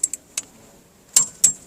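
A torque wrench, fitted with a socket extender because there is little space and the paint is close, is pulled down to tighten a McGard wheel lock on a Tesla Model 3 Performance wheel. Short, bright metallic ticks sound near 0.0, 0.1 and 0.4 seconds. The wrench clicks at its 175 Nm setting at 1.2 seconds, followed by another sharp tick at 1.4 seconds.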